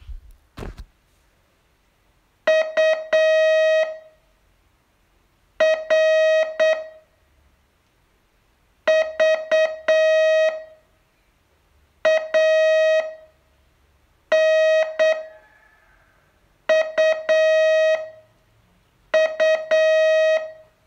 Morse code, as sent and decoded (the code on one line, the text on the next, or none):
..- / .-. / ...- / .- / -. / ..- / ..-
U R V A N U U